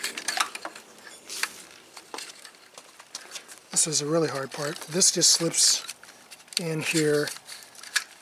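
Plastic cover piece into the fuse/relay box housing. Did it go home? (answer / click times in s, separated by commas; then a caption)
yes / 8.0 s. A plastic cover piece on the engine-bay fuse/relay box of a 2006 Toyota Avalon LTD V6, worked on for its 140 amp alternator fuse, is slipped in and pressed up into the housing while someone talks. Scattered plastic clicks and rattles are heard throughout. The cover snaps into place at 8.0 s with a sharp click, and it is seated.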